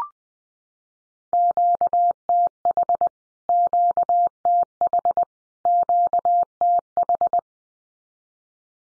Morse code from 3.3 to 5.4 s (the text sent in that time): QTH